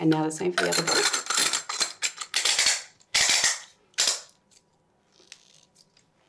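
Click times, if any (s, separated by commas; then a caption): 1.3 s, 1.7 s, 1.8 s, 2.4 s, 3.2 s, 4.0 s. A plastic screw lid is turned onto the second doping-control urine sample bottle (bottle B) while someone talks, giving a series of ratchet clicks at about 1.3, 1.7, 1.8, 2.4, 3.2 and 4.0 seconds. It is turned until it cannot be pushed any further, and the lid is seated closed.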